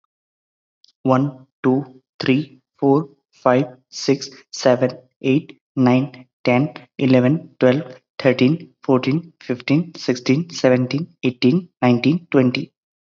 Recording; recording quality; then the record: counting at a normal pace; excellent, no background noise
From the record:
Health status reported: healthy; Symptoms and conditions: hypertension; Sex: male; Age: 29 years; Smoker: not ticked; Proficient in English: yes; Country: India